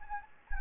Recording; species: mosquito wingbeat signal from an infrared sensor; Anopheles gambiae